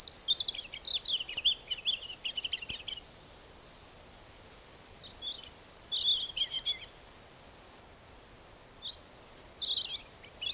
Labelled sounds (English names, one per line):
European Robin song